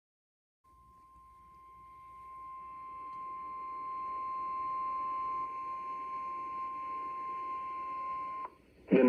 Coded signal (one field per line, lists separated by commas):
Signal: Emergency Alert System (SAME) tones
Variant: 1050 Hz attention tone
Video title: Hits and Misses || EAS Alerts from 7/29/23 || EAS 850-873